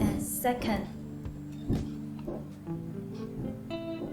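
The spot-size slider on a laser handpiece is handled as it is moved toward its next position, but it has not clicked into its detent yet. Someone talks over steady background music with a few faint taps.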